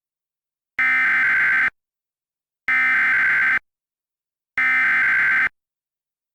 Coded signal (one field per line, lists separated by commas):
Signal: Emergency Alert System (SAME) tones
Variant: header bursts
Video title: EAS Scenario - School Stabbing Massacre